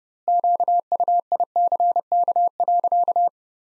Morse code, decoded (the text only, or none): QUICK.